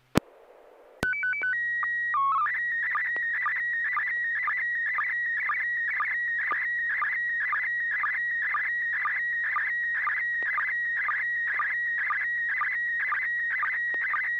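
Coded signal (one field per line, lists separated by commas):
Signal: SSTV (slow-scan television)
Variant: PD 120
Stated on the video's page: SSTV net on a 441.300 MHz FM repeater, images sent with MMSSTV software.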